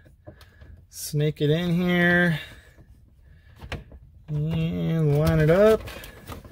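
A Saab ignition switch module is snaked in and lined up under the center console mount while someone talks, with a sharp tap near 3.7 s and faint handling noises around it. The clip ends before the module is pushed home, so nothing has seated or clicked yet.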